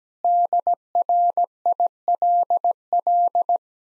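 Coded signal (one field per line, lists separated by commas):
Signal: Morse code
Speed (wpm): 17 wpm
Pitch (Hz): 700 Hz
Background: none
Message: DRILL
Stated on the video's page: Morse practice of difficult words at 17 wpm with contextual hints, a copying drill.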